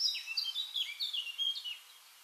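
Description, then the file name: Eurasian blackcap song, a brief flowing phrase of smooth whistled notes sliding downward, ending abruptly. "Sylvia atricapilla"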